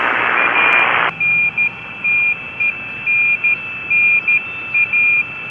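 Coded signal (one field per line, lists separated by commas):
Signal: Morse code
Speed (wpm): 13 wpm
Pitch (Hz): 2400 Hz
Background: radio noise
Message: ANTENNA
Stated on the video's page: Field Day 2020 contest operated from home, class E, on battery emergency power from a portable backyard station.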